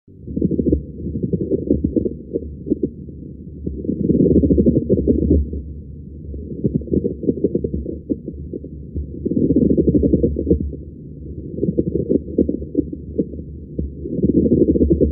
Pleural friction rub sound effect.